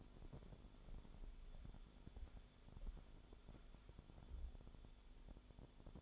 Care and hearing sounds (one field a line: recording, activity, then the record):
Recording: daily activity, microphone in the room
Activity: walk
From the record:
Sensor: 5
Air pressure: 1015.4 hPa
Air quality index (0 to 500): 176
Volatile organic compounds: 6 ppm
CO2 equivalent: 1916 ppm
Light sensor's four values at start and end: 39/90/36/36 and 39/89/36/36